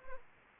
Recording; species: mosquito wingbeat signal from an infrared sensor; Anopheles arabiensis